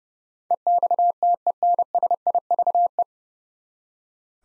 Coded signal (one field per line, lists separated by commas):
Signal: Morse code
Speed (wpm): 30 wpm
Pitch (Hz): 700 Hz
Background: none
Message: EXTENSIVE